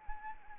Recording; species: mosquito wingbeat signal from an infrared sensor; Anopheles arabiensis